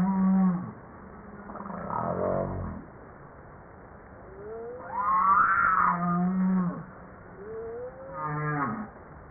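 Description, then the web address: Humpback whale song mixing low steady hums, a brief rough grunting burst, and rising harmonic whoops. Recorded 5 March 1994 at 09:52; published in JASA in 2013. "pub JASA 2013 Blue Bowhead Fin Humpback Southern Right Whale humpback-01 940305-0952"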